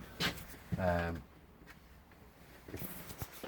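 A bed ladder in a Carado T338 motorhome is handled as it is pushed up toward its stowed holder, while someone talks briefly at the start. Quiet handling noise and a few light knocks follow. Nothing has seated or clicked into place yet.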